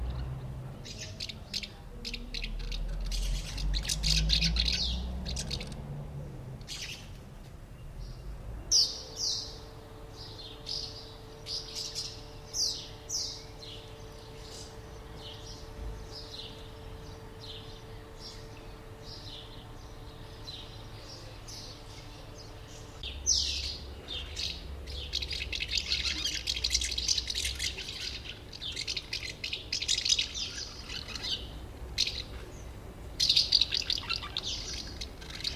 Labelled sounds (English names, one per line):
Common House Martin